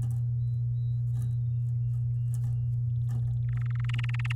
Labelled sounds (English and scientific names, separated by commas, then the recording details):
Domestic Canary (Serinus canaria) song
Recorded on 10 May 2018 at 12:31
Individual llb16